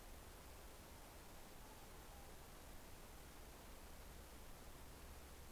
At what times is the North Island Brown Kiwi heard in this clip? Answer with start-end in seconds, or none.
none